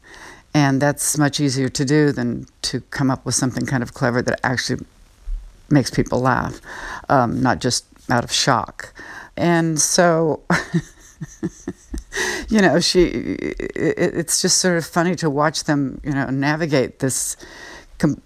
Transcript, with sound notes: And that's much easier to do than to come up with something kind of clever that actually makes people laugh, not just out of shock. And so (laughter), you know, she - it's just sort of funny to watch them, you know, navigate this.